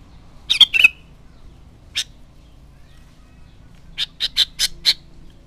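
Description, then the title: Sooty-headed bulbul: a bubbly two-note phrase, a single short note, then a run of five evenly spaced chirpy notes. "Kutilang"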